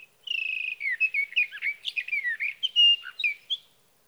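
Sage thrasher song beginning with a buzzy trill, then a lively run of warbled, slurred notes and a clear whistle near the end.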